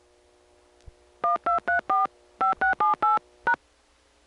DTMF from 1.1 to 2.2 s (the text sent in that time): 1234